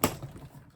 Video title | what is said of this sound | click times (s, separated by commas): Tamiya Subaru Brat Steps 14 - 16 | and that's now clicked and i just give it a little spin just to make sure it's in the actual recess | 0.0 s